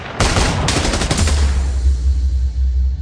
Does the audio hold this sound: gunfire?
yes